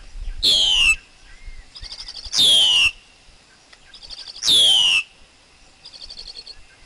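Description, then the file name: Black-collared Starling song: three loud squealing whistles, each sliding steeply downward, repeated about every two seconds. Soft buzzy trills and brief whistles sound between them. Wild forest bird's song, used for teaching young birds to sing. "Tieng chim ca cuong rung tap chim con hot"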